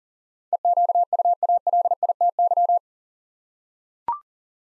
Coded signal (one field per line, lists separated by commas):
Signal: Morse code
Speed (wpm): 40 wpm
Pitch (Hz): 700 Hz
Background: none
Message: EQUALITY